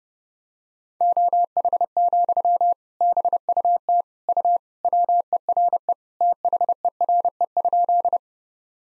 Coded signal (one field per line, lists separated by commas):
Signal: Morse code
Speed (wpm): 30 wpm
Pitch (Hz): 700 Hz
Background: none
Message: OH, BUT U WERE THERE?